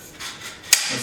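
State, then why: Seated. Two wand sections of a Prolux 10qt backpack vacuum are pushed together, with the spring button lock pressed down so the tube slides over it. After quiet sliding and rubbing noise, a sharp, loud click at 0.7 s marks the button lock snapping into its hole, and the wand section is seated in the mating tube.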